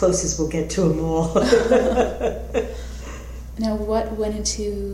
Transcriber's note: laughter